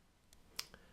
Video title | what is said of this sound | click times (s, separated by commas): Pack 4- Fast and Furious Toyota Supra from Fanhome DeAgostini - 1:8 scale | And we literally bring them together and give them a click, just like so. | 0.6 s